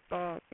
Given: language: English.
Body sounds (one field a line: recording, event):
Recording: throat vibration sensor signal played as sound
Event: speech